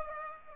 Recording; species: mosquito wingbeat signal from an infrared sensor; Aedes aegypti